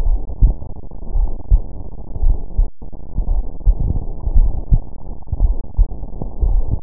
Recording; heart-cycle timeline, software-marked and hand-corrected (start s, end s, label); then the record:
heart sounds
0.00	0.04	diastole
0.04	0.20	S1
0.20	0.42	systole
0.42	0.54	S2
0.54	1.16	diastole
1.16	1.28	S1
1.28	1.50	systole
1.50	1.62	S2
1.62	2.22	diastole
2.22	2.36	S1
2.36	2.58	systole
2.58	2.68	S2
2.68	3.30	diastole
3.30	3.42	S1
3.42	3.66	systole
3.66	3.76	S2
3.76	4.34	diastole
4.34	4.50	S1
4.50	4.70	systole
4.70	4.80	S2
4.80	5.42	diastole
5.42	5.56	S1
5.56	5.78	systole
5.78	5.88	S2
5.88	6.46	diastole
6.46	6.62	S1
6.62	6.83	systole
From the record:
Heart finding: coronary artery disease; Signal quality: good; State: rest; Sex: female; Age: 56 years